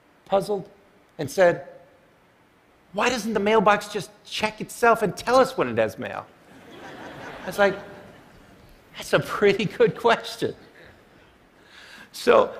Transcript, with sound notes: puzzled, and said, “Why doesn’t the mailbox just check itself and tell us when it has mail?” (Laughter) I was like, “That’s a pretty good question.” So,